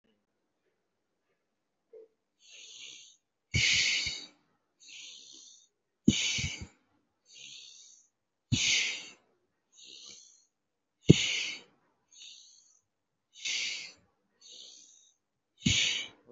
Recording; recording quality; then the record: deep breathing; excellent, no background noise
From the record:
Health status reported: healthy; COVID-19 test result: negative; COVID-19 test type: RT-PCR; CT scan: not taken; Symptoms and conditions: none ticked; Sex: male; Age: 24 years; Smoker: no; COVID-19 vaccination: both doses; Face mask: worn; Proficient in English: yes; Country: India